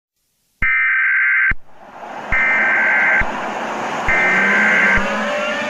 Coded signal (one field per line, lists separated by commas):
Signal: Emergency Alert System (SAME) tones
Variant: header bursts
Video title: EAS Scenario - Neptune Collison (Mother's Day Special)